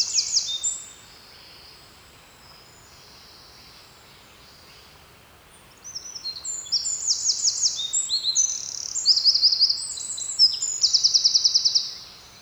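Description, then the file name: Eurasian wren: a brief burst of high song, a quiet gap, then a loud, high, rattling song full of rapid trills lasting several seconds. "Troglodytes troglodytes"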